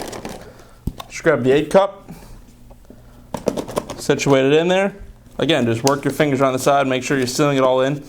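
A plastic lid is pressed onto an 8-cup food storage container while fingers work around its edge to seal it, with short handling clicks and crinkling as someone talks. The lid has not snapped or sealed yet by the end.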